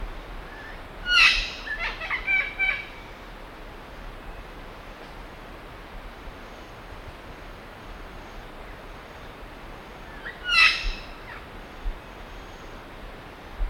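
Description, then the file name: Imperial amazon calling with harsh, harmonic-rich squawks: a cluster of rough notes near the start, then one loud squawk about nine seconds later over steady hiss. "imperial parrot"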